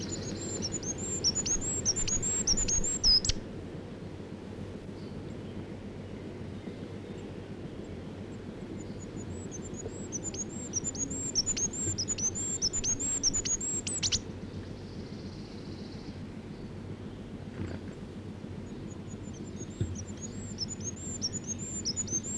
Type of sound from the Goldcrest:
song